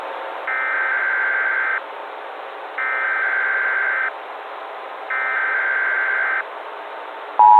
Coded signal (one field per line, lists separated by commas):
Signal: Emergency Alert System (SAME) tones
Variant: header bursts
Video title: EAS Scenario/Analog & Digital Horror - The Trollge